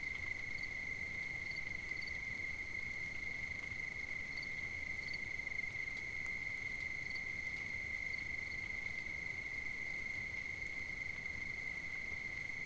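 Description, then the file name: Continuous cricket trill at one shrill pitch, unwavering for the full length, with occasional faint higher chirps from other insects and soft background hiss. At night on 5 September 2009. "20090905 night-crickets"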